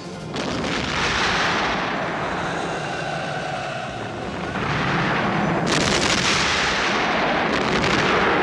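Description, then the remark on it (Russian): Battle cannon fire at the Raevsky battery as new ranks of Russian infantry advance into thick smoke, booming in heavy, overlapping blasts amid a continuous roar of battlefield noise, loud throughout with no clear pauses, with a sharp new burst near the end. “К полковнику батареи Раевского подходит артиллерист.”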